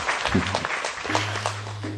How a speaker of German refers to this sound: Ja, wir haben einen Applaus wert.